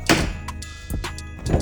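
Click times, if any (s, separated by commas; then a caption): none. An aftermarket hood is pushed down onto the front hood latch of a Supra, landing with a loud thunk at 0.1 s, followed by a few fainter knocks and rattles. The latch does not catch, and nothing has seated or clicked.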